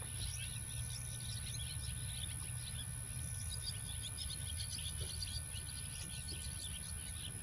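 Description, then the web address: Birds calling in a busy chorus of short, high chirps and twitters over a steady low rumble. Many birds, recorded on 17 September 2005 in the morning. "mitchell Many Birds 20050917 AM"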